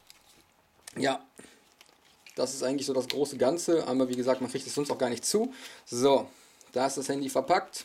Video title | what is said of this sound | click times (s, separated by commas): Produkttest - die wasserdichte Tasche von Hama im Test - Vorsicht nass ❗❗ | geht es ja gerade eingerastet ja | 0.1 s